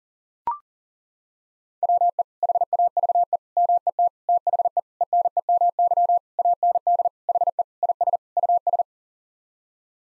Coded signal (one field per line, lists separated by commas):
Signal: Morse code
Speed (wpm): 40 wpm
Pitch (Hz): 700 Hz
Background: none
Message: WE HAVE MET THE ENEMY AND HE IS US